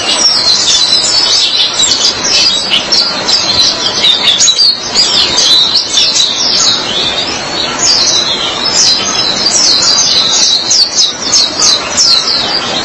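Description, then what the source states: White-eye song: continuous, high, busy chirping and twittering that runs without a break through the whole stretch. Pleci (white-eye) chirping song.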